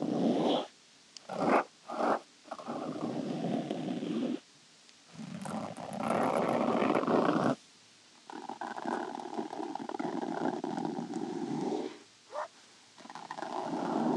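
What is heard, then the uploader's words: Fabric is scratched and rubbed in bursts of rough, grainy noise, with abrupt silent gaps near one, two, four to five, seven and a half, and twelve seconds. The strokes are dense and low-to-mid toned, with a brief brighter rasp around six seconds. 𝗳𝗮𝗯𝗿𝗶𝗰 𝘀𝗰𝗿𝗮𝘁𝗰𝗵𝗶𝗻𝗴 𝗮𝘀𝗺𝗿.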